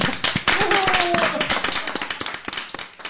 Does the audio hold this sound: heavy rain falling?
no